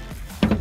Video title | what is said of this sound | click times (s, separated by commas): Alpha Rex Luxx Tail Lights: 2017 Toyota Tacoma | Just gonna push them in until they click. | 0.4 s